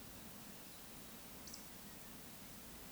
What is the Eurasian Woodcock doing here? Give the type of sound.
whistle